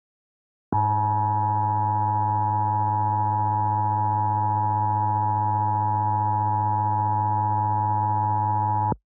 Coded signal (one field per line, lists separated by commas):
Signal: Emergency Alert System (SAME) tones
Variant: 853 and 960 Hz attention tone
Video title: EAS Mock 5: IDEA/ONICS CG-1000 Screen Test